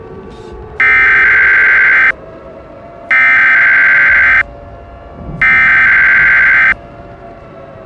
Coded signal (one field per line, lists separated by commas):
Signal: Emergency Alert System (SAME) tones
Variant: header bursts